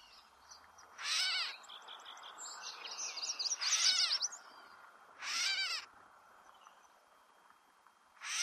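Catbird giving loud, harsh, nasal mewing calls about half a second long, four bursts one and a half to three seconds apart, the last cut off, with softer twittering between them.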